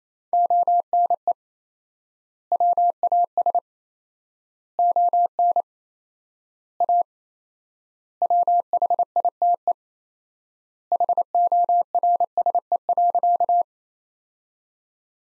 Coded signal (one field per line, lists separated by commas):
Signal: Morse code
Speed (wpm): 28 wpm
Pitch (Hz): 700 Hz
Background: none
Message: ONE WAS ON A WHITE HORSE.